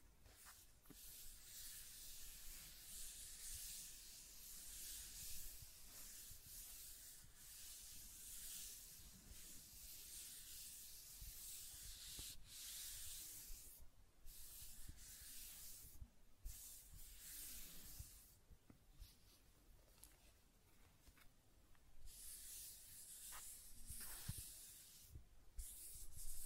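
Scratching and tracing sounds run continuously for the whole stretch, a dense bright rasp like something drawn over a rough surface. The strokes stay fairly even in strength, broken by brief pauses near 16, 19 and 21 seconds, with a few sharp ticks scattered throughout.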